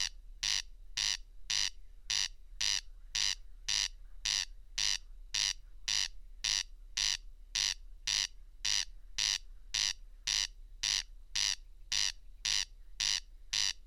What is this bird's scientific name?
Crex crex